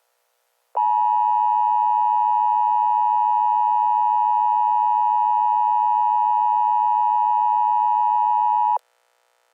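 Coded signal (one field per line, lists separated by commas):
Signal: Emergency Alert System (SAME) tones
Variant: 853 and 960 Hz attention tone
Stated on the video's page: Fictional EAS scenario.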